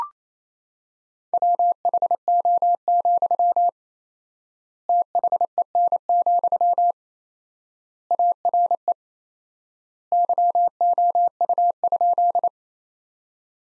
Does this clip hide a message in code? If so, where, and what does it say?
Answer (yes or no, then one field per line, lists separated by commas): yes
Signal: Morse code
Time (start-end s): 1.3-12.5 s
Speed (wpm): 28 wpm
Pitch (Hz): 700 Hz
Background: none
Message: WHO, THEN, ARE YOU?